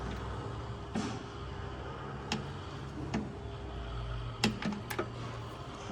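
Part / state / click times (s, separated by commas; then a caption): torque wrench on oil drain plug or filter cap of car engine / not seated / none. A torque wrench tightens the oil drain plug or filter housing cap of a BMW F10 M5 engine during an oil change. Short sharp ratcheting ticks sound at about 1.0, 2.3, 3.2, 4.4 (the loudest), 4.7 and 4.9 seconds over a steady low hum. The wrench has not clicked at its setting, and tightening stops because the fastener is judged tight enough.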